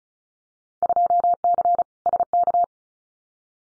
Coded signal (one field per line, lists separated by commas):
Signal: Morse code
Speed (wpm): 34 wpm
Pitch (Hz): 700 Hz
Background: none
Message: 2C SK